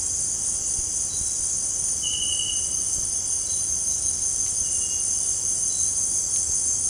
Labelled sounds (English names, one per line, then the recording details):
none
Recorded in dense forest near Puerto Asís, Putumayo, Colombia, on 20 December 2024 at 18:00
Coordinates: 0.466, -76.327
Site G075